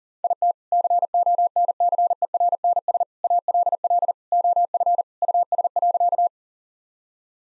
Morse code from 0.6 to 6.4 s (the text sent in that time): CONCERNS ALL OF US.